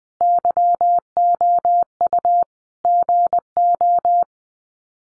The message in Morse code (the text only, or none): YOU GO